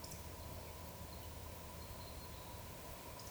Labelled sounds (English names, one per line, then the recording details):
Eurasian Woodcock whistle
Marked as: whistle, whistle
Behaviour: display flight
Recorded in Baden-Württemberg, Germany, on 1 June 2020 at 19:46 UTC
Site 44397, 226 m above sea level